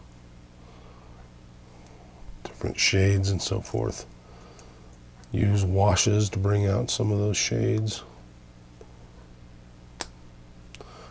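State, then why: Seated. A plastic model kit part for a Shadow Fox Zoid is pressed onto its mating joint while someone talks over a low steady hum. A sharp click at 10.0 s shows the part has seated, followed by a couple of faint ticks.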